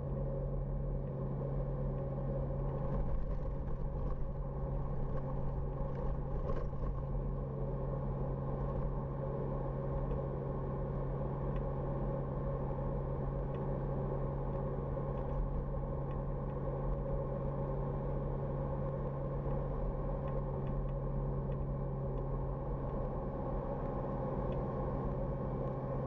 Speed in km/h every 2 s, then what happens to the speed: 87, 86, 86, 86, 86, 86, 86, 86, 87, 87, 87, 84, 83.
0-26 steady at about 86.